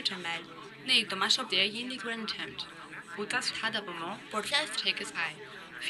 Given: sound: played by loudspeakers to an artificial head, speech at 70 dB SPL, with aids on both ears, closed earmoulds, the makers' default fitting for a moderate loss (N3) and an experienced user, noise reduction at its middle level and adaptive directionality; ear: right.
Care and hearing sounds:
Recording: speech test signal (ISTS) in cocktail-party noise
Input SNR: +3 dB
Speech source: on the right (90 degrees)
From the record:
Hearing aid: class 1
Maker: E

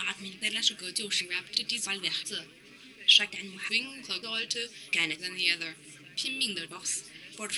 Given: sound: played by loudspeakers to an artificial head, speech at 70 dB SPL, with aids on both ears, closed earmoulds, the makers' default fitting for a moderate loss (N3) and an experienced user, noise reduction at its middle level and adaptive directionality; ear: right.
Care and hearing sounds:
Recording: speech test signal (ISTS) in cocktail-party noise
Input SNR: +9 dB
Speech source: in front (0 degrees)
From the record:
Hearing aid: class 2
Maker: J

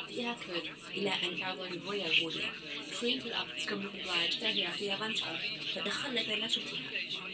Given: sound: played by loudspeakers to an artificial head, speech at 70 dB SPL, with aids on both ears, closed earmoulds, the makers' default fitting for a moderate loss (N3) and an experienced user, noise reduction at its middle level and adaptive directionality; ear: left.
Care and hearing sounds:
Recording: speech test signal (ISTS) in cocktail-party noise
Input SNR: +6 dB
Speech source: on the right (90 degrees)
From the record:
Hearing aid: class 1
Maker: C

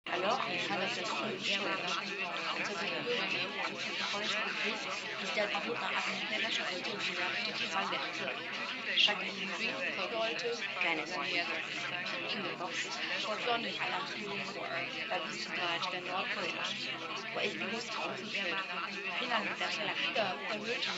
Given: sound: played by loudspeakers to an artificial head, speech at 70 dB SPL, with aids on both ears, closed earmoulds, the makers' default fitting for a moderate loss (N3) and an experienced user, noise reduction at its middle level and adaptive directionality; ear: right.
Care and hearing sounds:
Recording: speech test signal (ISTS) in cocktail-party noise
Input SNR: -6 dB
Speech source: in front (0 degrees)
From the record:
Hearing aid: class 1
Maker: F

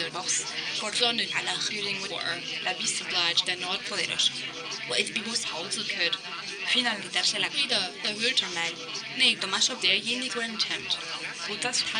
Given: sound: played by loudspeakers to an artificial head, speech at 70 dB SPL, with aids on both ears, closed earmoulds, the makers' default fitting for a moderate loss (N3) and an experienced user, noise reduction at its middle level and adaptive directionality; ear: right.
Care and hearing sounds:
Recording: speech test signal (ISTS) in cocktail-party noise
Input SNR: +3 dB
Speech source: in front (0 degrees)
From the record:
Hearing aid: class 2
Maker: A

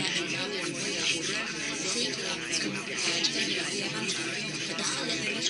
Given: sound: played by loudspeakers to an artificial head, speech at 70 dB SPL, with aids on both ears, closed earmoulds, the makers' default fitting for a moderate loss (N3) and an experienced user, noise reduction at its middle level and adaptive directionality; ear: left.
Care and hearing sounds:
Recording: speech test signal (ISTS) in cocktail-party noise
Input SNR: -6 dB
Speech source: on the right (90 degrees)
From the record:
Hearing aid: class 1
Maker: B

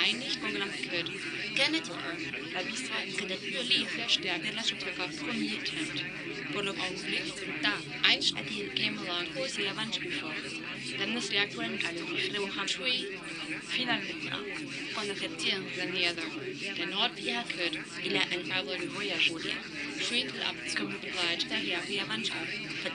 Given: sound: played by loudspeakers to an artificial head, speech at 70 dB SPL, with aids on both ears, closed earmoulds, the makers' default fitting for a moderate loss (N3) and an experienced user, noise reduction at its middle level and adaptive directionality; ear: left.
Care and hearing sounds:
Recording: speech test signal (ISTS) in cocktail-party noise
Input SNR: -3 dB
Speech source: in front (0 degrees)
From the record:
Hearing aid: class 2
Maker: D

